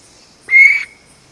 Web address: vogelkop bowerbird